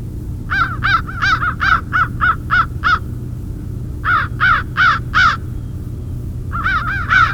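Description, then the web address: Crows cawing in fast bursts of short, harsh, nasal notes, three runs of about three to ten caws separated by brief pauses. Crows recorded in winter in Mississippi. "Jerry Apps Winter. Mississippi Crows"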